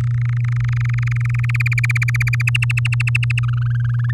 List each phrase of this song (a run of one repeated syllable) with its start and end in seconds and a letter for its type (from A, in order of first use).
0.00-1.45 A, 1.49-2.42 B, 2.47-3.40 C, 3.43-4.11 D